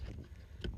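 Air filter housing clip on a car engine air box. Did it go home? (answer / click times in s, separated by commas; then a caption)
yes / 0.6 s. A plastic clip on the engine air filter housing of a Porsche 981 Cayman/Boxster is pushed down after the air filter is put back in, so the housing seals all around and no air gets past. Over a steady low rumble, the clip gives a sharp click at 0.6 s, followed by a fainter tick at 0.7 s. The clip is seated.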